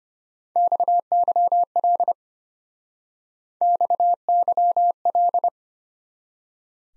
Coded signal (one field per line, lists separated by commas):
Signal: Morse code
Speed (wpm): 33 wpm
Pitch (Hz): 700 Hz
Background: none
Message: XYL XYL